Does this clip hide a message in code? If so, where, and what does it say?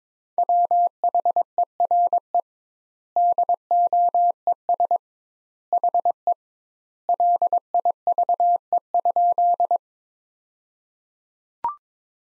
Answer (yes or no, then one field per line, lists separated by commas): yes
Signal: Morse code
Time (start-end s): 0.4-9.8 s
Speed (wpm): 22 wpm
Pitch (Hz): 700 Hz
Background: none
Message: WHERE DOES HE LIVE?